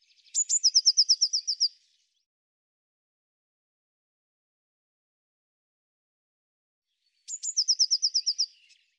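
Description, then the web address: Eurasian blue tit giving two phrases, each a couple of thin, high introductory notes followed by a quick, evenly spaced trill, separated by long silence. "Deverinetal"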